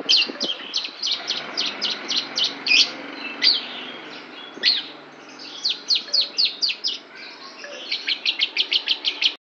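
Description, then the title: Lovebird giving high chirps repeated rapidly in long even series, broken by a few sweeping notes. Lovebird imitating the song of the Javan prinia, locally called ciblek. "Lovebird Suara Ciblek"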